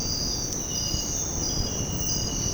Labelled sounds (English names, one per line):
none